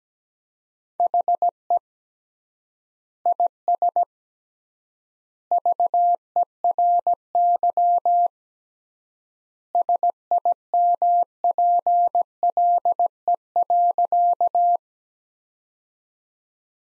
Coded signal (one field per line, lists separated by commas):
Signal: Morse code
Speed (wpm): 17 wpm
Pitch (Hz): 700 Hz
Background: none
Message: HE IS VERY SIMPLE.